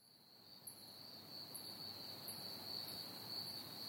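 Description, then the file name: Cricket chirping as a steady, high, continuous trill, with a faint very high chirp repeated several times above it. "pied butcherbird and crickets chirping"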